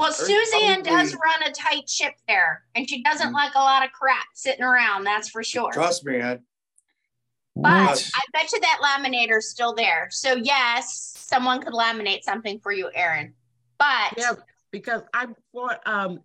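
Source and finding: Adult woman speaking. Normal speech.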